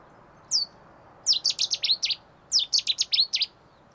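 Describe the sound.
Cetti's warbler song: a loud, abrupt single note, then two explosive bursts of rapid, sharp, ringing notes, each burst lasting under a second.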